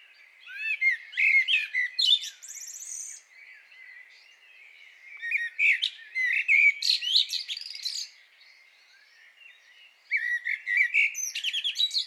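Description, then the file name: Common blackbird song: bursts of rich fluting warbles ending in high squeaky twitters, phrases separated by short pauses of a few seconds. "Turdus merula"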